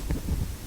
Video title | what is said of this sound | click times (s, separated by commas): How To Replace A Ceiling Fan | just like that, till it snaps, | 0.1 s